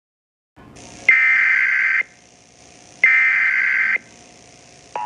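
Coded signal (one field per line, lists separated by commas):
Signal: Emergency Alert System (SAME) tones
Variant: header bursts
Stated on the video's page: Fictional EAS scenario about a whiteout event.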